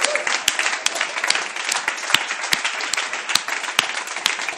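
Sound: audience applause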